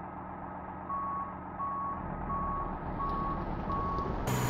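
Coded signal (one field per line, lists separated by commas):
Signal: none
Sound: truck reversing beeps in game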